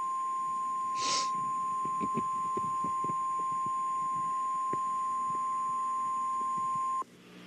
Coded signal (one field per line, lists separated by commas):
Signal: Emergency Alert System (SAME) tones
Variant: 1050 Hz attention tone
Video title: watching EAS scenarios and hanging out join plz part 2 (part 2 of part 2)